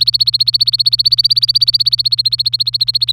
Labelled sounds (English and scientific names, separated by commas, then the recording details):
Domestic Canary (Serinus canaria) song
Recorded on 24 April 2018 at 13:16
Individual llb3